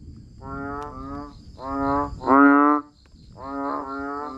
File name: Tieng enh uong keu